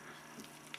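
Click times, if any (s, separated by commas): 0.7 s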